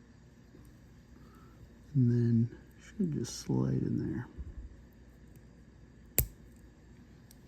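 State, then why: Seated. A small plastic sensor piece for a Neat ND-1000 document scanner, being repaired for a paper jam error, is set on top inside the scanner housing with its cable notch lined up and slid in. Someone talks during this. A sharp click at 6.2 seconds marks the piece seating into place.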